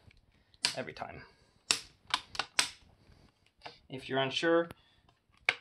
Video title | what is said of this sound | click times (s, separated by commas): Laptop Screen Replacement - HP Pavilion Power 15 (15-cb0xx) | it's flush with the outer case and you also hear the satisfying click every | 1.7 s, 2.6 s